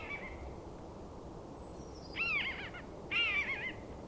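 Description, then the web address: Bird calls: two quavering, harmonic, slightly descending notes about a second apart, with a faint higher whistle before them and constant background hiss. "madarak enek"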